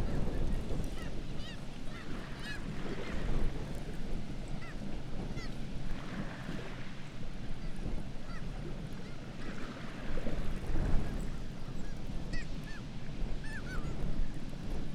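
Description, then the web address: Black-legged kittiwakes giving scattered nasal cries, more of them early and near the end, with a strong continuous low roar underneath. "Black legged kittiwake. کاکایی-پاسیاه"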